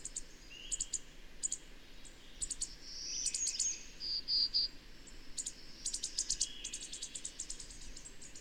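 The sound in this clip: Bird chirps, sharp high bursts repeating irregularly with a brief sweet warbled phrase midway, over a steady low hiss of background noise.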